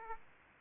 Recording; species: mosquito wingbeat signal from an infrared sensor; Aedes aegypti